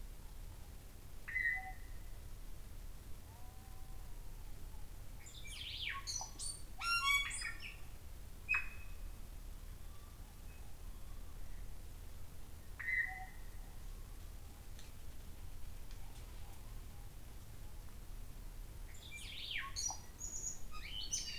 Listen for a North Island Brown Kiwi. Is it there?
no